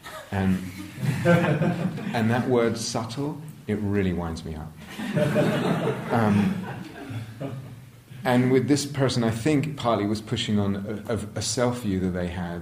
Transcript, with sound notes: "And that word 'subtle' -- it really winds me up." [laughter] And with this person, I think, partly it was pushing on a self-view that they had: